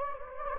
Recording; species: mosquito wingbeat signal from an infrared sensor; Anopheles gambiae